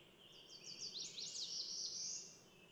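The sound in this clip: Bird song: a quick, high twittering run of sliding notes lasting about two seconds over a steady background hiss.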